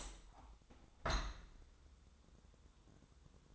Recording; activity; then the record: daily activity, microphone in the room; open window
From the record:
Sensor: 3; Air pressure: 1000.5 hPa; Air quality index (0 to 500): 151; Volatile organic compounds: 2 ppm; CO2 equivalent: 1309 ppm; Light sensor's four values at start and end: 13/34/13/15 and 13/35/14/15